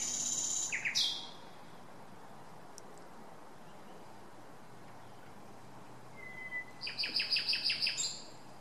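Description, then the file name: Common nightingale song, with a sharp descending phrase, a long pause, a single pure whistle, then a rapid run of repeated chattering notes. "Luscinia megarhynchos"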